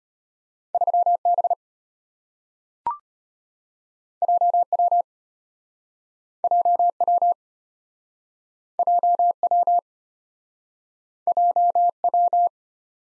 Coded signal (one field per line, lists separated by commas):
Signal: Morse code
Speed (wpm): 34 wpm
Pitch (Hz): 700 Hz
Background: none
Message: 3B JW JW JW JW